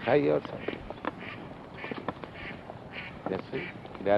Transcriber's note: sound of ducks